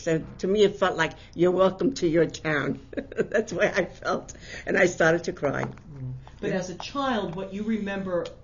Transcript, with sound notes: and to me it felt like you're welcome to your town. That's the way I felt. ( she laughs ) And I started to cry.
But, as a child, what you remember,